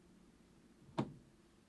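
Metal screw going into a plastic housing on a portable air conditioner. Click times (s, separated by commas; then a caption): 1.0 s. A metal screw is turned backwards into the plastic housing of a ProBreeze PB AC05 12000BTU portable air conditioner, the cue that it has found the existing thread before tightening. Over a quiet low hum, a single sharp click at 1.0 s marks the screw dropping into the existing thread, confirming it is seated.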